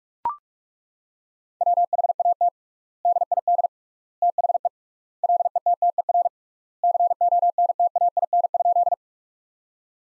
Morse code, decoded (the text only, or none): WHAT DID THE LETTER CONTAIN?